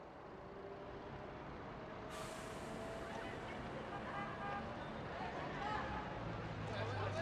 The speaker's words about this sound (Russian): Ворота. В них заехал автобус.